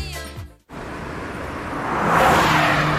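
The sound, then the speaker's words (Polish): A short tonal burst cuts to silence, then the new 1.5 turbo engine of a new Honda HR-V roars in with a broad, rushing noise that steadily swells louder as the car drives up. “Nadjeżdżają święta wielkiej mocy. Napędzane nową mocą. Nowa Honda HR-V. Teraz z nowym silnikiem 1.5 Turbo.”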